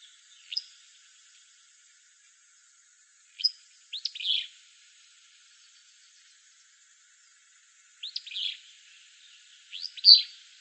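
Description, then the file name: Willow flycatcher calling in short clusters of sharp, upswept buzzy notes, repeated at irregular intervals, with quiet gaps between. Recorded in Arizona on 11 June 2006. "WIFL 5 deviche"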